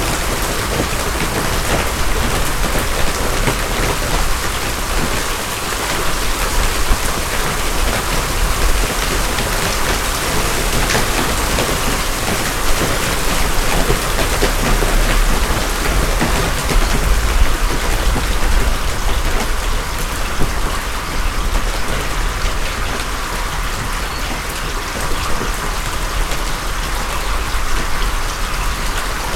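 Hail pours down in a dense, unbroken patter, countless tiny impacts merging into a bright, hissing roar. The intensity stays nearly constant for the whole half minute, with a steady low rumble underneath and no clear pauses or separate events.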